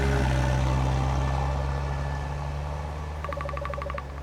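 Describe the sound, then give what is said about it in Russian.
A car's low engine rumble gradually fades as it drives off from a parking lot with two people inside, and a quick run of high electronic beeps pulses briefly near the end. “Сафронов и Варламов садятся в машину и уезжают.”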